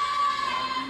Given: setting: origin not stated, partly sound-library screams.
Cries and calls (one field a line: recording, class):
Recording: one-second piece from a danger detection set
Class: woman in danger